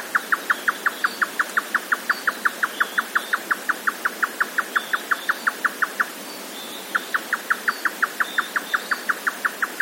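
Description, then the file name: Grey nightjar song, a rapid, regular series of sharp knocking notes, pausing for about a second near six seconds before resuming. "yotaka"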